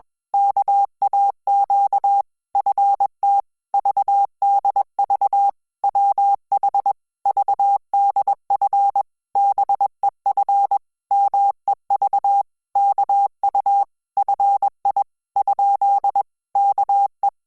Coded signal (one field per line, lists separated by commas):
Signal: Morse code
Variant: Korean alphabet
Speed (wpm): 21 wpm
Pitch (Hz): 800 Hz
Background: none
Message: 왜 너 를 부 른 단 말 이 냐 ? 아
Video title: Hangul Morse Code Listening Practice : Frog Prince IV - KOREA A1 CLUB